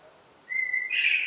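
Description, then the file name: Common blackbird giving a short level whistled note that breaks into a rougher, higher twittering burst. "Turdus merula"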